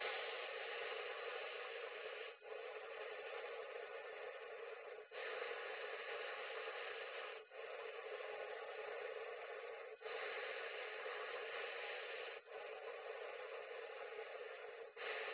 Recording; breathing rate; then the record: paced breathing near a phone; 12 breaths a minute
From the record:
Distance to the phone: 20 cm